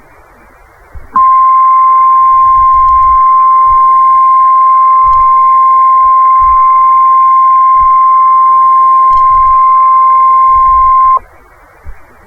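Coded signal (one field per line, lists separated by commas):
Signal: Emergency Alert System (SAME) tones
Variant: 1050 Hz attention tone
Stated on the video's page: NOAA Weather Radio station broadcasts and IDs from Florida.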